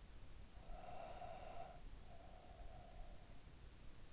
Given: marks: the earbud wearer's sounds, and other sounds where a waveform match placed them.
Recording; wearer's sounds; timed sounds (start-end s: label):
sounds in sleep by an in-ear microphone; breath
0.42-3.60 s: breath